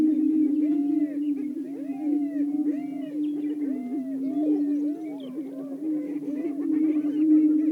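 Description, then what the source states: Greater prairie-chickens repeat arched, hooting whoops over a steady low booming chorus. Several greater prairie-chickens calling.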